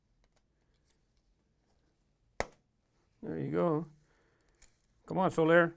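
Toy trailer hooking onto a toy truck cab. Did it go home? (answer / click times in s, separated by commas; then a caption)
yes / 2.4 s. A plastic Hot Wheels racing hauler trailer is hooked back onto its toy truck cab with a little push, giving a single sharp snap at 2.4 s as it seats. Someone then talks.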